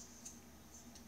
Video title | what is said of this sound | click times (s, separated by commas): Buck 289 Fluid | this knife locks into place it's | 0.3 s